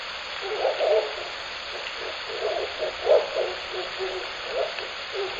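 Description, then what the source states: Owl calling with a run of low, soft hoots repeated irregularly, some louder than others, against steady hiss. Shōnen no Mori, 16 May 2021 at 21:09, at night.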